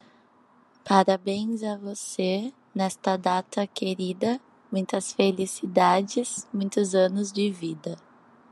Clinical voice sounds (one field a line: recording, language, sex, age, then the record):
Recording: short text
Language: Brazilian Portuguese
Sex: female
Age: 20 to 29 years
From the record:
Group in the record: control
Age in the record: 21 years